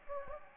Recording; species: mosquito wingbeat signal from an infrared sensor; Anopheles gambiae